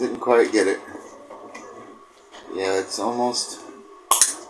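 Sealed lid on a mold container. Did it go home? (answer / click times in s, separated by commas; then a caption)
released / 4.1 s. A sealed lid on a mold container is worked at while someone talks, and after another try it releases with a sharp pop at 4.1 seconds as the sealed lid pops open.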